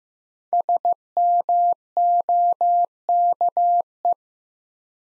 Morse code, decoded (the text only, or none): SMOKE